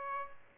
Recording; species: mosquito wingbeat signal from an infrared sensor; Aedes albopictus